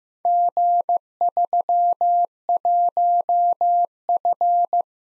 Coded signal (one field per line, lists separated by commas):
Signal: Morse code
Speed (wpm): 16 wpm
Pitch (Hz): 700 Hz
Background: none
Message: G31F